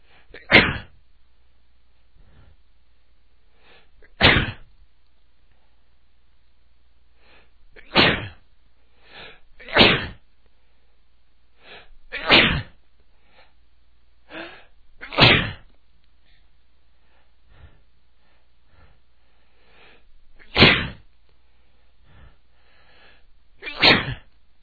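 Eight sharp, explosive sneezes from an adult man, irregularly spaced with quiet gaps between.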